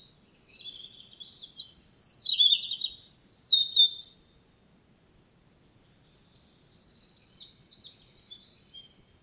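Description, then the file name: European robin song: a bright cascade of high, sweet twittering notes over two seconds, a pause, then a softer, thinner warbled phrase. "Erithacus rubecula"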